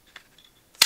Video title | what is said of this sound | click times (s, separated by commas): How to Field Strip: Smith & Wesson M&P 22 by Walther (disassembly & reassembly) | So, you hear it click, then it gets stuck. this is normal. | 0.8 s